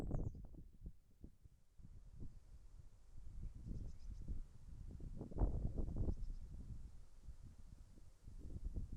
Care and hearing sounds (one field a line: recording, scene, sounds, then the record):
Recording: everyday scene through a hearing-aid microphone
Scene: wind on the microphone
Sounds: wind, birds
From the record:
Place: in front of a rural house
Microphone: behind the ear, left, rear